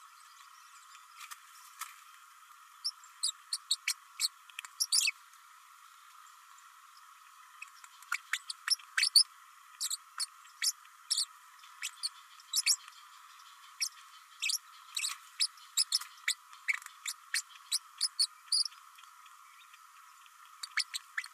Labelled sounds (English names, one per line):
Green-rumped Parrotlet babbling